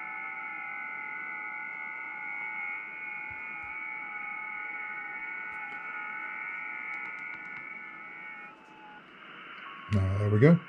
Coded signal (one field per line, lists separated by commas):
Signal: FT8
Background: speech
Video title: IOS SDR Control IC 705 Back Pack